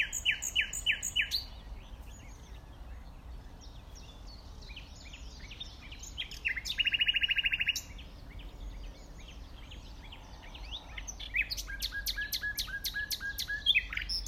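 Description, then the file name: Common nightingale singing varied phrases: loud chattering notes, short scattered chirps, a fast buzzy rattle midway, then sharp repeated clicks and high notes. "Luscinia megarhynchos"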